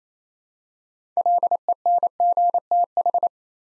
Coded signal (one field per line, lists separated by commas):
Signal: Morse code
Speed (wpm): 29 wpm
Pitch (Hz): 700 Hz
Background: none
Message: LENGTH